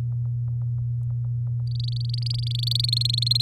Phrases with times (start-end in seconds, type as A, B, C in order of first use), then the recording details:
1.67-2.86 A, 2.88-3.41 B. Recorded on 7 May 2018 at 06:41. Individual llb16